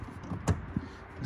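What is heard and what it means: A plastic trim clip on a trim piece reused from the old factory hood of a Jeep Overland is lined up and pressed into the new Mojave hood. A sharp pop is heard at 0.5 s over a quiet, low background. The clip seats into place.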